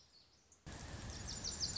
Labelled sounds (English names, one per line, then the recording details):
Lazuli Bunting
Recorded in Sonoma County, California